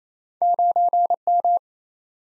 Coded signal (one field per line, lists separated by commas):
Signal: Morse code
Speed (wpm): 28 wpm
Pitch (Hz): 700 Hz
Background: none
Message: 9M